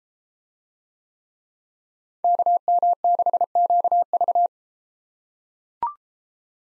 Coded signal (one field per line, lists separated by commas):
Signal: Morse code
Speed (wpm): 33 wpm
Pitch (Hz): 700 Hz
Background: none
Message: KM6QV